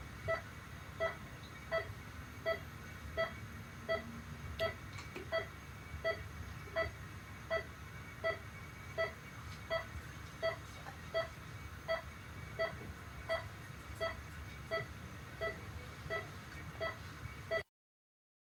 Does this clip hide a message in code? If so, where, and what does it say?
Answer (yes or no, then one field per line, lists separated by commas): no